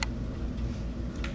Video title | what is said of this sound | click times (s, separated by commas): Titebond Superfoam 2-component SPF PK Presentation | then you hear it click, so you know it's engaged then. | 1.2 s